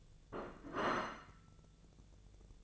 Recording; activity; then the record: daily activity, microphone in the room; place plate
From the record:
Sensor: 4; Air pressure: 1001.0 hPa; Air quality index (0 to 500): 144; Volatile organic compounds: 2 ppm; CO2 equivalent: 1060 ppm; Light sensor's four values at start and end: 26/62/26/27 and 26/62/26/27